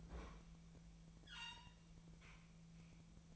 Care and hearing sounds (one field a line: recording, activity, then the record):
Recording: daily activity, microphone in the room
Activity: open fridge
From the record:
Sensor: 1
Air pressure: 1009.7 hPa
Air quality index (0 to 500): 192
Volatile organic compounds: 19 ppm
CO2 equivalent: 2639 ppm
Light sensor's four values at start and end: 33/84/35/42 and 33/84/35/42